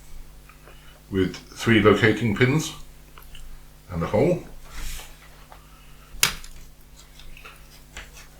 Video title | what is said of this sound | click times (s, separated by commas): Revell 1/87 scale Union Pacific 'Bigboy' locomotive Episode 1 #scalemodelling #revell #bigboy | and they just snap into place | 6.2 s